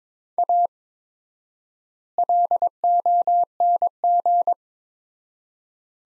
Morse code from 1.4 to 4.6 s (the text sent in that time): LONG